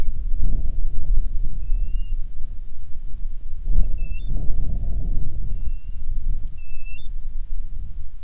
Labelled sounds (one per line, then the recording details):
bird
wind
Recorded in the Prudhoe Bay oil fields, Alaska, on 10 July 2019 at 10:00
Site 11